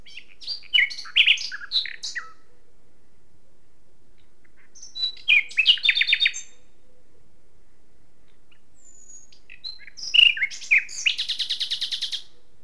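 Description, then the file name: Common nightingale song: several phrases of jumbled, varied chirps, one with a thin high whistle, ending in a fast buzzy trill. "Luscinia megarhynchos"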